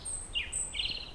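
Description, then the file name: European robin giving two brief, thin, high warbled notes with a faint sustained high whistle, against soft hiss. "Erithacus rubecula"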